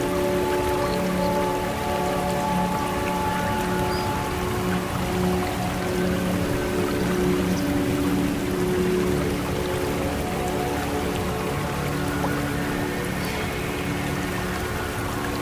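A waterfall and running water pour steadily with a dense, even rush that never lets up. Several faint steady tones hum underneath, low to mid pitched, staying level throughout while the splashing texture stays constant from start to finish.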